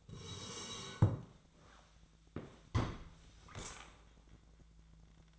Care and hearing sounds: daily activity, microphone in the room; sit down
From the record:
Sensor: 3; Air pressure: 1000.4 hPa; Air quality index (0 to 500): 167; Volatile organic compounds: 3 ppm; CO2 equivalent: 1459 ppm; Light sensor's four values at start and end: 15/35/15/16 and 15/35/15/15

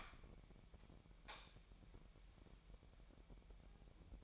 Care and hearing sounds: daily activity, microphone in the room; light on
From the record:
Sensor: 1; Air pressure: 1012.0 hPa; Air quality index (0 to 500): 232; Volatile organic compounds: 6 ppm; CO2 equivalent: 1849 ppm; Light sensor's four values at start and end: 15/35/15/17 and 18/50/20/22

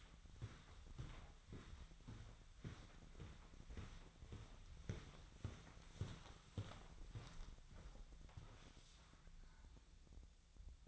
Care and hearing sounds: daily activity, microphone in the room; walk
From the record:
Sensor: 3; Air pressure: 1009.3 hPa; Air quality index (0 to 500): 191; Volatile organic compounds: 4 ppm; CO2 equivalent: 1542 ppm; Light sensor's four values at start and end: 57/146/64/67 and 57/147/64/67

